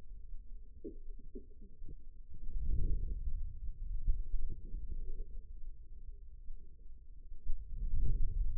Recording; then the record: forearm muscle sounds (acoustic myography)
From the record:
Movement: hand closing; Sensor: system 2, bracelet of six BSWA MPA416 microphones around the upper forearm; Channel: 4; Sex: female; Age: 25 years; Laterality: right